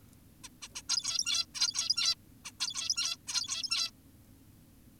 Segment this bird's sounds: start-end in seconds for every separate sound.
0.44-0.49, 0.62-0.68, 0.76-0.82, 0.89-1.46, 1.55-2.15, 2.45-2.52, 2.61-3.17, 3.28-3.91